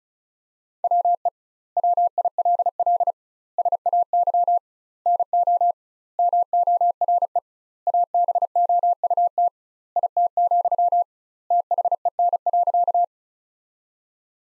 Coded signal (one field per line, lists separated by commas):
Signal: Morse code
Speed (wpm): 36 wpm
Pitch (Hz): 700 Hz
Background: none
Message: WE WILL SAY NO MORE ABOUT IT, THEN.